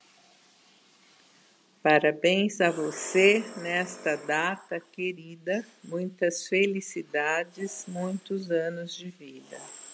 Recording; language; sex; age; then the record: short text; Brazilian Portuguese; female; 60 to 69 years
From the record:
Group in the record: control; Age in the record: 65 years